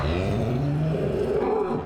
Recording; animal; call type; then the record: contact call of a hoofed animal; cattle; low-frequency (closed-mouth) or high-frequency (open-mouth) call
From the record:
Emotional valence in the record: negative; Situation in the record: full separation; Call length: 1.86 s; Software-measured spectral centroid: 1240 Hz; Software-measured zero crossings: 830 a second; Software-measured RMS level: -24 dBFS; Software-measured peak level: -13 dBFS